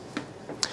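A removable twist-lock part of a plant-milk maker is given a twist to lock it onto the machine body. Two short ticks are heard at 0.2 s and 0.6 s, the second sharper and brighter. The part is seated and locked in place.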